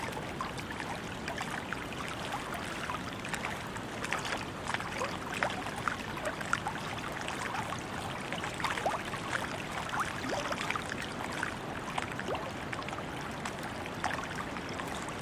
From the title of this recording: Greece Water Sounds